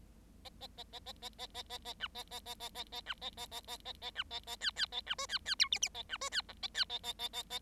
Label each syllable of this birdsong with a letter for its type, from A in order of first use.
A A A A A A A A A A B A A A A A A B A A A A A A B A A C C A B D C C E F F A B D C G A C A A A A A